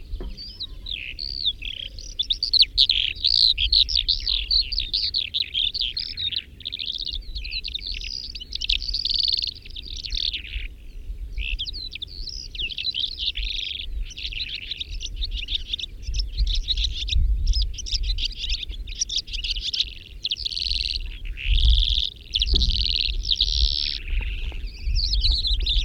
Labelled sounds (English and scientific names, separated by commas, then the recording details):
Calandra Lark (Melanocorypha calandra) song
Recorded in the wild
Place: Albesti, Transilvania, RO
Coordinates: 46.258, 24.86
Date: 1973-04-29
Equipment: Nagra III BH, Sennheiser MD 21, parabola
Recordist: Schubert, Michael
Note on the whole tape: Bodengesang Kalanderlerche, verschiedene Imitationen